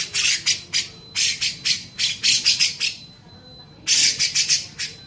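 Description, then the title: Grey-cheeked bulbul giving short groups of harsh, scratchy notes, separated by a quiet gap with a thin steady whine. Masteran training recording used to tutor songbirds. "MASTERAN CUCAK JENGGOT"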